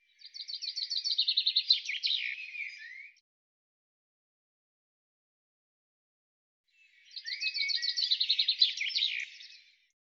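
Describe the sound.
Bird song, two similar phrases of a fast high trill ending in a flourish, separated by a pause of several seconds.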